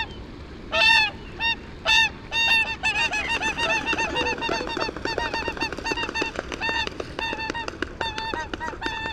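Whooper swans giving loud bugling honks, harmonic trumpeting notes in bursts, then a denser chorus of overlapping calls from several birds.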